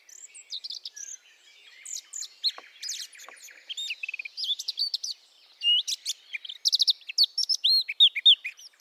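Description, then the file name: Eurasian blackcap song, a quick mix of clear looping whistles and chattering notes, building toward louder fluting phrases near the end. "Sylvia atricapilla"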